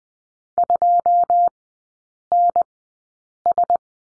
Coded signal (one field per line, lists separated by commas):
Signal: Morse code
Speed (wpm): 20 wpm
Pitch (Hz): 700 Hz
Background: none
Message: 2NS